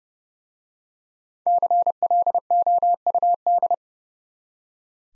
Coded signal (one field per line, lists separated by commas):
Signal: Morse code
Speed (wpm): 30 wpm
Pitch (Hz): 700 Hz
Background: none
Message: CLOUD